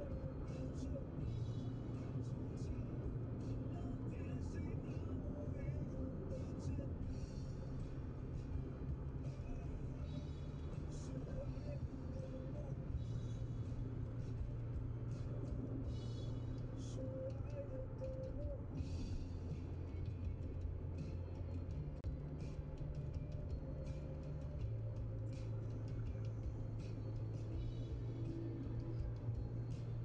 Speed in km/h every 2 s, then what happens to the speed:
94, 93, 92, 88, 87, 87, 92, 92, 89, 88, 86, 85, 83, 79, 76.
0-8 slows to 87. 8-14 steady at about 87. 14-30 slows to 76.